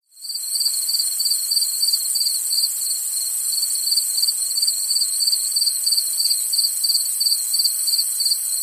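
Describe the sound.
Cricket chirping: a steady run of short, high, pulsed chirps, a few per second, over a constant, higher hiss.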